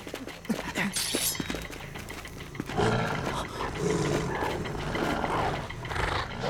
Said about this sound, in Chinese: 快跑啊！有狼群！ 小心！